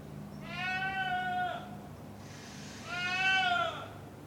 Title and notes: A quite-audible goat, who is never seen